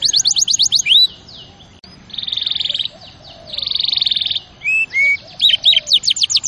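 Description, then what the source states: Canary delivering a quick trill, two sustained buzzy rolls, then rising whistles and fast repeated chips. Champion canary song used as a master recording for training other birds.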